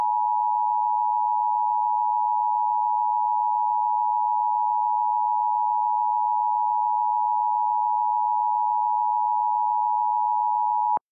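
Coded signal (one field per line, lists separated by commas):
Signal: Emergency Alert System (SAME) tones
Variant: 853 and 960 Hz attention tone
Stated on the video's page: Fictional EAS scenario, not a real alert.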